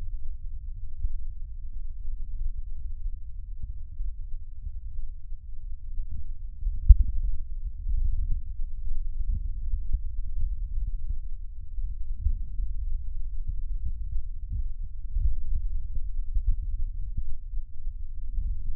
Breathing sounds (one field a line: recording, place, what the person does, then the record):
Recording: lung sounds by stethoscope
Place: right anterior apical chest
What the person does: quiet breathing, then deep breathing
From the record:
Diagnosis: COPD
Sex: male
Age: 69 years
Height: 162 cm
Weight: 124.8 kg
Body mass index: 47.6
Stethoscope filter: bell mode